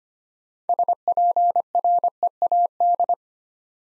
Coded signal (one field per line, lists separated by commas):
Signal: Morse code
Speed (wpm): 25 wpm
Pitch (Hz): 700 Hz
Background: none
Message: SPREAD